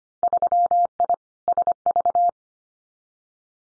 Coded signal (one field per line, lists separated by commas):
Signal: Morse code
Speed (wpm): 25 wpm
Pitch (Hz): 700 Hz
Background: none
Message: 3I SV